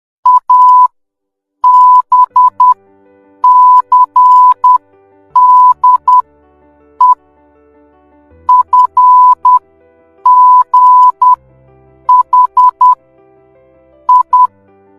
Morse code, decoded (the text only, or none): ABCDE FGH I